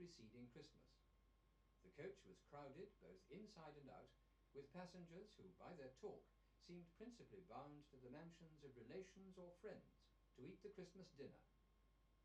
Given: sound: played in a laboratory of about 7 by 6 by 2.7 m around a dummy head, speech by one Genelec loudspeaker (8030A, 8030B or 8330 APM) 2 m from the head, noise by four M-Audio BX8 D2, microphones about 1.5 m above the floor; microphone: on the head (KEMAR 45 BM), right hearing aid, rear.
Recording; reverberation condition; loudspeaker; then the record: male speech in English; low; 30 degrees to the left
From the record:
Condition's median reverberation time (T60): about 310 ms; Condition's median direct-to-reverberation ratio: about 3.5 dB